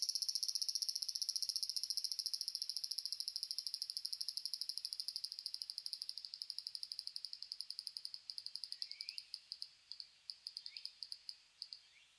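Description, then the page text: Large brown cicada song, a pulsing high sizzle that starts loud and steadily fades into separate sputtering bursts, with a few brief rising chirps near the end. Nikko, Japan, 18 August 2004. "Graptopsaltria nigrofuscata [Sounds -Nikko Today-]"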